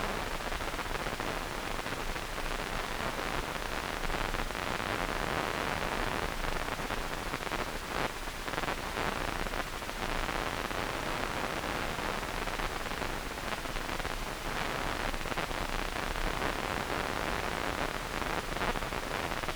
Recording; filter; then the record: brain microelectrode recording played as sound; wide band, above 20 Hz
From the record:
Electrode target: subthalamic nucleus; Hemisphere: right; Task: reaching with the left hand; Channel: 2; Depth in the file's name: 1.506 mm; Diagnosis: Parkinson's disease